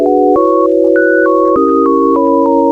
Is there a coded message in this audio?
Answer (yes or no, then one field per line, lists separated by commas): no